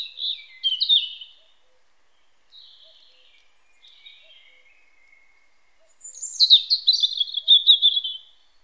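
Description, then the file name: European robin song, two separate high warbled phrases: a short trill at the start and thin notes, then a longer, brighter cascade of tinkling notes near the end. "Erithacus rubecula"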